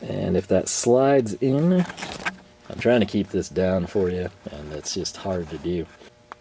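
A safety lanyard end is being slid onto the handle of a pair of pliers while someone talks throughout. The lanyard has not yet clicked or locked onto the handle by the end of the clip.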